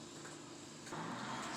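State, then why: Not seated. A throttle cable end is worked into place on the side of the throttle of a Stihl KM 55 RC trimmer carburetor throttle linkage, possibly with needle-nose pliers. A steady broadband hum runs throughout and grows louder from about 0.9 s, with no distinct sharp sounds. The cable has not popped in yet, and nothing has seated or clicked in this stretch.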